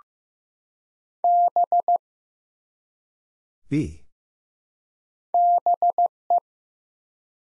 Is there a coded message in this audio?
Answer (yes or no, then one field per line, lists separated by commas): yes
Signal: Morse code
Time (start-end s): 1.2-6.4 s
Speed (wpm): 15 wpm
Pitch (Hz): 700 Hz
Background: none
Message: B BE